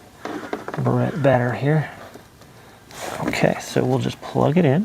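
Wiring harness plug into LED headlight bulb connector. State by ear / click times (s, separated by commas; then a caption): not seated / none. Someone talks while handling the plastic wiring-harness plug that is about to be pushed onto the connector of a Fahren LED headlight bulb, with a few faint handling taps between the words. The plug only goes on one way and should snap into place, but nothing has seated or clicked yet.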